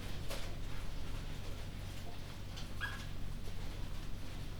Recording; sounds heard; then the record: poultry house recording; sick chickens (respiratory disease)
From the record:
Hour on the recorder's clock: 1